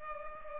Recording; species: mosquito wingbeat signal from an infrared sensor; Culex pipiens